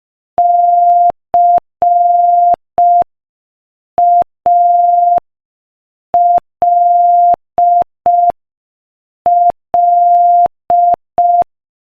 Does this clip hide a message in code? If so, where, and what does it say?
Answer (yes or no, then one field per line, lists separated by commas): yes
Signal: Morse code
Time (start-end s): 0.4-11.4 s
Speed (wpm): 5 wpm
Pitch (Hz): 700 Hz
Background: none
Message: CALL